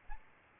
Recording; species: mosquito wingbeat signal from an infrared sensor; Aedes albopictus